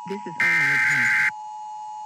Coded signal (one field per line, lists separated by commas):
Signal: Emergency Alert System (SAME) tones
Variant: header bursts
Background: speech